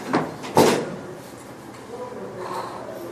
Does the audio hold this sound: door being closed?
yes